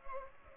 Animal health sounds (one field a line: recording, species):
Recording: mosquito wingbeat signal from an infrared sensor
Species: Culex pipiens